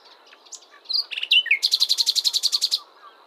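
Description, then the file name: Common nightingale song opening with scattered high notes and short rising whistles, then breaking into a rapid, even series of loud, harsh repeated notes. "Luscinia megarhynchos"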